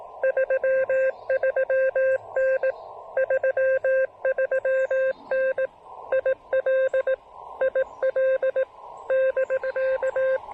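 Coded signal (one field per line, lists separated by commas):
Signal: Morse code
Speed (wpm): 18 wpm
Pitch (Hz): 1600 Hz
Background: radio noise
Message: 33N 33N IL IL <BK>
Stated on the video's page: Super low power POTA CW activation under rough propagation, keyed with a new Begali Adventure paddle.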